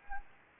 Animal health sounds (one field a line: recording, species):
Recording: mosquito wingbeat signal from an infrared sensor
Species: Anopheles gambiae